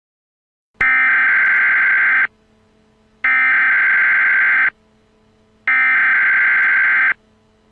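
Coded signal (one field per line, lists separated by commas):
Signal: Emergency Alert System (SAME) tones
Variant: header bursts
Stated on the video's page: Fake alert.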